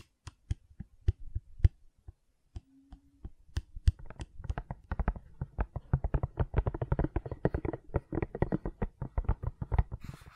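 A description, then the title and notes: Soft silicone taps and squishy clicks, sparse at first, then quickening into a dense, uneven patter of dull, low-toned hits, with a brief hum early on. ASMR Gentle Silicon Sounds for Sleep (No Talking).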